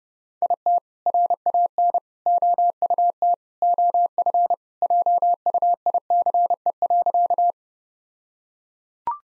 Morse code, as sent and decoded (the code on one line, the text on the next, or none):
.. - / .-. .- -. / --- ..- - / --- ..-. / .--- ..- .. -.-. . .-.-.-
IT RAN OUT OF JUICE.